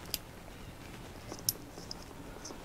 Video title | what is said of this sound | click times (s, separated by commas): Case Labs SM8 Water Cooled Cooled Build Log 5 - Clockwork Orange - Pump, Tubing, XSPC Water Blocks | I'm sliding them back in and they should you might be able to hear it click | 1.5 s